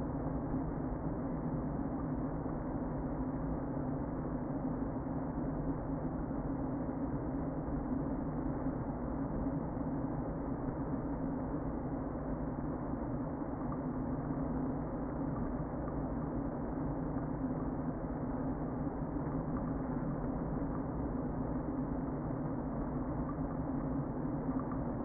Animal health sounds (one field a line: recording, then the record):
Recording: honeybee colony, microphone inside the hive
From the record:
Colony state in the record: queen present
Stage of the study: before two queens were removed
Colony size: about 60,000 bees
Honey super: yes